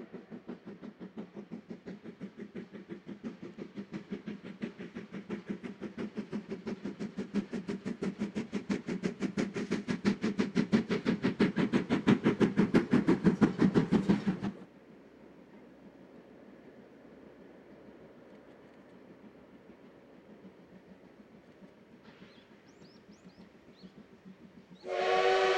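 A steam locomotive hauls a train, its rapid, regular chuffing building louder over the first fourteen seconds before cutting off abruptly. A low, steady rumble follows, and near the end a loud, shrill whistle blast sounds.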